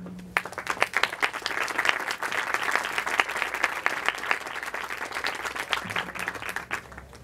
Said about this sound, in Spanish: Y ahora damos y recibimos con fuertes palmas a nuestro autor del libro